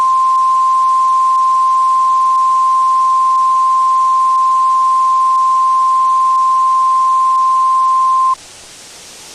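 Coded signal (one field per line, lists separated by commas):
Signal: Emergency Alert System (SAME) tones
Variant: 1050 Hz attention tone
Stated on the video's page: Fake mock Volcano Watch alert for Mount St. Helens made with valid EAS tones.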